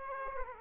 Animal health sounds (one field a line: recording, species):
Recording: mosquito wingbeat signal from an infrared sensor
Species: Aedes aegypti